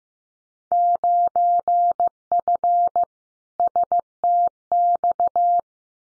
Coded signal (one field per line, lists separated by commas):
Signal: Morse code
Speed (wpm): 15 wpm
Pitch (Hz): 700 Hz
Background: none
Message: 9F STX